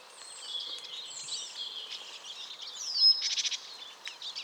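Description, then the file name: Great tit calling, a rapid run of several scratchy, buzzy notes after a high thin note, set against a busy background of twittering birds. "Parus major"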